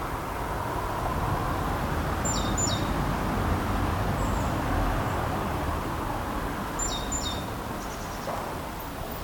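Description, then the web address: Great tit giving two short runs of high notes stepping downward in pairs, over a loud continuous low rumble. "SETE Parus major"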